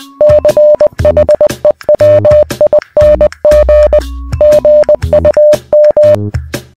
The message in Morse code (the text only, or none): CHEWING GUM